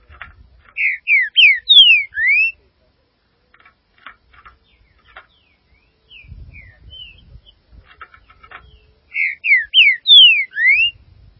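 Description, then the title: Green-winged saltator singing a loud phrase of about five slurred whistles, rising and falling, given twice about eight seconds apart, with soft clicks and ticks between phrases. "Trinca Ferro"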